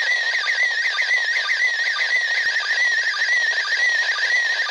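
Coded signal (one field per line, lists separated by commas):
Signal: SSTV (slow-scan television)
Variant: PD120 mode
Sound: warbling tone sweeping up and down, short low sync chirp about twice a second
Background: radio static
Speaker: all right I think that was the last pass we were going to get um go ahead and save that one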